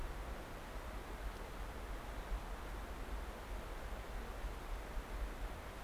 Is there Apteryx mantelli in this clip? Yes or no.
no